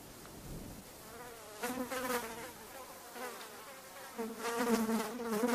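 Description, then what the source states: Fly buzzing, an uneven droning hum that comes and goes, swelling louder in two long passes with wobbling pitch. Flies buzzing.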